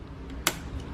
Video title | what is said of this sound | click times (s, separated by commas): 2009-2020 Dodge Journey - Door Lock Actuator Replacement | and snaps in there and then that connects all of the components that we need | 0.5 s